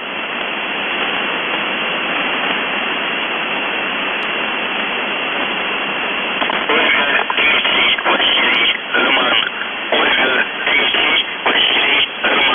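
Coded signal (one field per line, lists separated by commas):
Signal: numbers station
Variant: UVB-76, Russian voice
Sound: steady radio hiss, then a noisy, muffled spoken voice message in short words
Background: radio static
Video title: The Buzzer/UVB-76(4625Khz) July 10, 2021 13:03UTC Voice message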